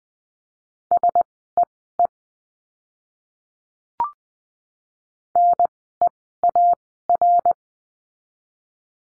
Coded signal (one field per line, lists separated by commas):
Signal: Morse code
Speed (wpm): 20 wpm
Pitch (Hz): 700 Hz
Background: none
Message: SEE NEAR